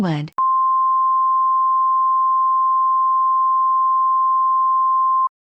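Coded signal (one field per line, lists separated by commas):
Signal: Emergency Alert System (SAME) tones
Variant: 1050 Hz attention tone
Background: speech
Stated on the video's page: Fictional EAS scenario depicting a disaster.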